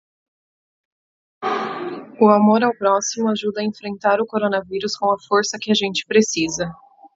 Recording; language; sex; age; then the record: spoken sentence; Brazilian Portuguese; female; 30 to 39 years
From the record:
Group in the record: control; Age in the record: 32 years